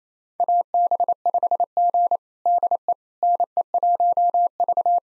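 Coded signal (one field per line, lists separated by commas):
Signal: Morse code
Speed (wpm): 28 wpm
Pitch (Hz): 700 Hz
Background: none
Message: AB5G DE NE1V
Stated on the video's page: Morse call sign copy drill of 4-character US call sign pairs at 28 wpm, each pair sent, spoken, then sent again.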